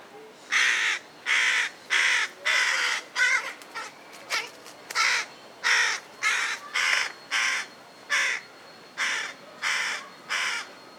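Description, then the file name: Carrion crow delivering a long run of about a dozen harsh, rasping caws in quick succession, with a brief burst of clicking sounds midway. "Corvus corone"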